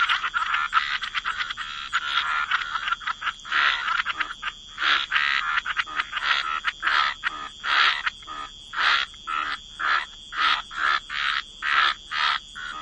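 Frog chorus, dense overlapping croaks early, then a steady series of regular rasping bursts, over a faint continuous high hum.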